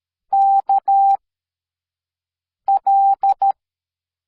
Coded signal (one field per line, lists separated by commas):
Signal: Morse code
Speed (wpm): 13 wpm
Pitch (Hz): 790 Hz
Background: none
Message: K L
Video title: See and hear Morse Code